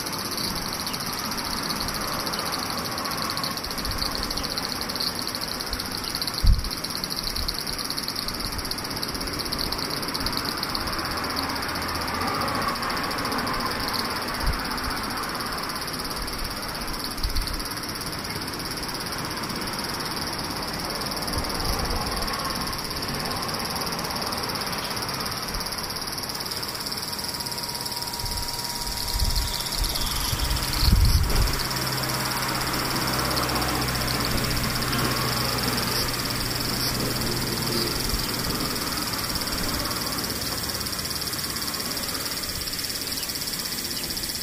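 Cicadas keep up a steady, dense, high buzzing that holds for the first twenty-five seconds or so, then thins and carries on more faintly. A low rumble like a passing vehicle swells around thirty seconds, with a few dull knocks near seven and thirty-one seconds.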